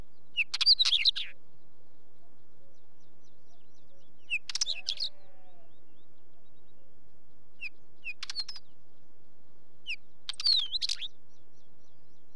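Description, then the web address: Northern Wheatear song: four short phrases mixing squeaky whistles with scratchy crackles, spaced a few seconds apart, with a soft sheep bleat during the second. Singing wheatear recorded alongside sheep. "BBC Sound Effects Library. Wheatear"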